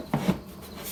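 A wooden guitar back plate with its braces is handled against the guitar body rim, lining the braces up with their notches. Soft wooden knocks and rubbing come around 0.1–0.3 s, with a brief sharper knock near 0.9 s. Nothing has seated or clicked into place yet.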